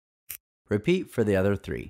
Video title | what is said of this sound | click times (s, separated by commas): Molex Connector Installation (KIT-61/KIT-62) | you should hear a click | 0.3 s